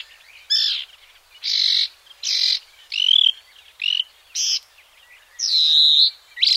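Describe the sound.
Marsh warbler: songbird song of buzzy, scratchy phrases of varying length, with a few thinner whistled notes woven between the harsher bursts.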